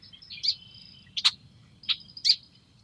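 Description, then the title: Red-winged blackbird calls, short harsh chack notes and a brief buzzy burst, four or so in under three seconds, with low rumbling noise beneath. Morning song of wild birds nesting in cattails near the recordist's house, Montana, April 21, 2022, after fresh snow; birds wary of the microphone; Rode NTG-2 shotgun mic with dead cat on boom pole, Zoom H4N. "Field Recording: Morning song of the Red-Winged Blackbirds"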